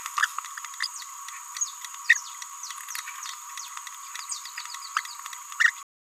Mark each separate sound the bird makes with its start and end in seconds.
0.17-0.26, 4.97-5.00, 5.60-5.70